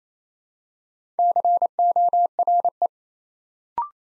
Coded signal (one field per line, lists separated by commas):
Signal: Morse code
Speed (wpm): 27 wpm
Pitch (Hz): 700 Hz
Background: none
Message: CORE